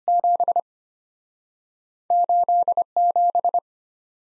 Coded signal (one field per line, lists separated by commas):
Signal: Morse code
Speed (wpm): 34 wpm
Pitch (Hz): 700 Hz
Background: none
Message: 7 87